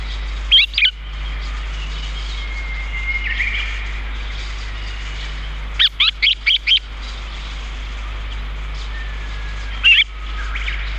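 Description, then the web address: Chestnut-cheeked starling calls: a short burst of sharp chirps, then a quick series of several squeaky notes, and a final chirp, over faint background whistles. "sikioto birds komukudori"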